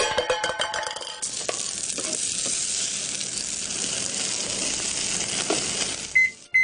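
A cake pan-frying sizzles in a hot pan, a steady bright hiss studded with crackles and pops that runs unbroken for several seconds before cutting off, with no voices.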